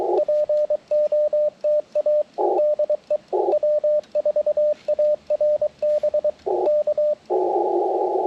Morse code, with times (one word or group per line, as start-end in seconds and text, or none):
0.2-2.2 POTA
2.6-3.2 DE
3.5-6.3 W4ARB
6.7-7.1 K